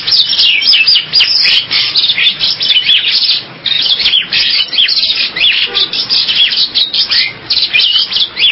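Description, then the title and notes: Bali myna song: a dense, nearly continuous stream of harsh chattering notes and sharp whistled slurs, loud throughout. "Jalak Bali. Kicau Burung Jalak"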